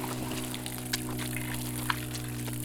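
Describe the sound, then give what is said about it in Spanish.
Feet kneading wet clay give two brief, soft sucking pops as they lift off, about a second apart, over a steady low electrical hum. “Y eso hay una técnica que es por el sonido que hacen los pies. Cuando empieza a hacer pedorretas al despegar, que hace...”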